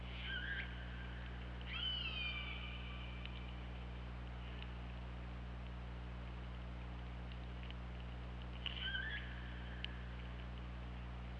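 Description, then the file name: Killer whale calls: a short call, then a longer downward-sweeping harmonic call, and after a long pause a brief hooked call, with a few clicks and a steady low hum. Recorded on the OrcaLab hydrophone, 24 August 2017, at 23:30:47. "Orca Lab UTLN JASON 20170824 233047 ORCALABDYNI"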